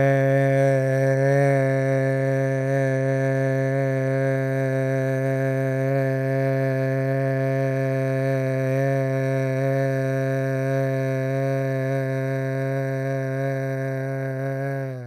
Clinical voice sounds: sustained vowel /e/; male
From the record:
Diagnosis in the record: Parkinson's disease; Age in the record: 50 years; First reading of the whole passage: 72 s, 7.2 characters per second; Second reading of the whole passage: 54 s, 9.6 characters per second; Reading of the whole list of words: 40 s, 7.1 characters per second

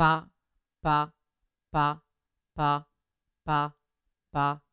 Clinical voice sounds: repeated syllable /pa/; female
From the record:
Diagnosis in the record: Parkinson's disease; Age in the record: 61 years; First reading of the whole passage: 53 s, 9.7 characters per second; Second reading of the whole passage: 51 s, 10.1 characters per second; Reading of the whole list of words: 49 s, 5.7 characters per second

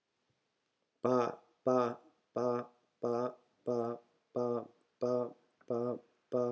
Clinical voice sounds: repeated syllable /pa/; male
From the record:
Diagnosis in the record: healthy control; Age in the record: 68 years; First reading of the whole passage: 59 s, 8.4 characters per second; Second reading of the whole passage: 56 s, 8.8 characters per second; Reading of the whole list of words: 34 s, 8.3 characters per second

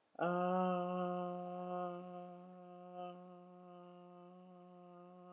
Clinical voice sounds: sustained vowel /a/; female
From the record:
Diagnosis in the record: healthy control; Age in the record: 63 years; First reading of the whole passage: 70 s, 6.7 characters per second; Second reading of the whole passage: 71 s, 6.6 characters per second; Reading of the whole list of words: 45 s, 6.3 characters per second

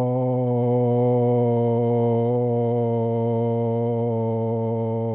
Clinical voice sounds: sustained vowel /o/; male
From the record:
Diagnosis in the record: Parkinson's disease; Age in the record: 71 years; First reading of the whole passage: 50 s, 10.4 characters per second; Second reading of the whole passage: 45 s, 11.4 characters per second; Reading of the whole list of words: 37 s, 7.6 characters per second

